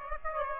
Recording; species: mosquito wingbeat signal from an infrared sensor; Aedes aegypti